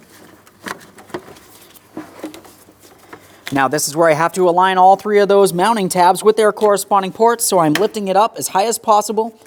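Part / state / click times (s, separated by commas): plastic coolant reservoir into its mounting ports near the radiator fan / not seated / none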